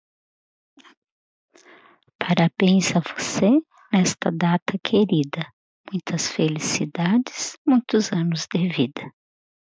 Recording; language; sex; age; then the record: short text; Brazilian Portuguese; female; 50 to 59 years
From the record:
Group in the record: control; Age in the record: 52 years